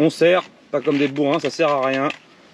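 A CO2 cartridge is placed head-down in the stock of a conversion kit that turns a T4E TR50 pistol into a carbine, because its cap is a striker cap that pierces the cartridge when pushed home. Only someone talking is heard. The cap has not been pushed home yet, so nothing has seated or clicked.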